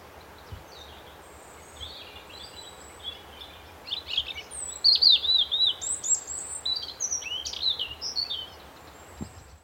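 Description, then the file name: European robin singing a varied run of high, liquid warbles and slurred whistles, quiet at first and then a bright burst of notes lasting several seconds, with hiss behind. "Erithacus rubecula"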